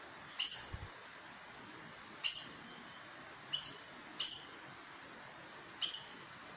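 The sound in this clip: Aracari giving five shrill, piercing call notes, each fading quickly, spaced unevenly over a few seconds, with a soft low thump near the start.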